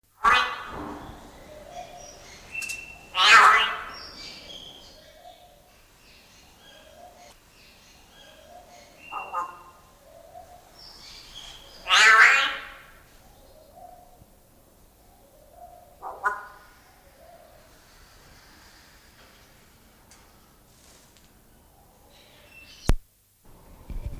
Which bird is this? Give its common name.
Yellow-faced Myna